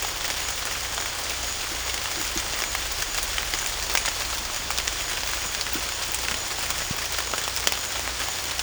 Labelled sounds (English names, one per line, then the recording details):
none
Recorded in dense forest near Puerto Asís, Putumayo, Colombia, on 18 December 2024 at 16:00
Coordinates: 0.486, -76.317
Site G003